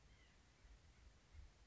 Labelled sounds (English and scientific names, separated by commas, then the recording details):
White-breasted Nuthatch (Sitta carolinensis)
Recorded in Sonoma County, California